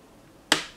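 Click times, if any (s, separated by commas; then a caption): 0.5 s. The repaired latch clasp on the lid of a vintage wooden watercolour pochade box is closed and clips shut with a single sharp, bright click at 0.5 s, after a near-silent lead-in. The click decays quickly, and the latch now catches where before the repair it did not.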